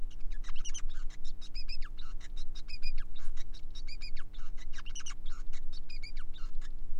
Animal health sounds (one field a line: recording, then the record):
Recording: song of a male Bengalese finch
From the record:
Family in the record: son of father 5